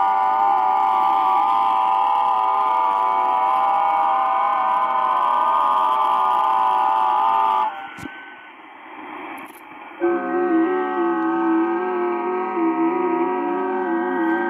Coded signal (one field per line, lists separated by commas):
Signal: FT8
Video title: 10M SSB Transceiver is inhaling RF